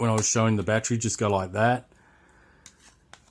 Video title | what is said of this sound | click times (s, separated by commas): AOSENMA CG028 5G WIFI GPS DRONE - Part 1 Overview | Okay, and just plugs straight in. Clicks in. Make sure you hear that click, | 3.1 s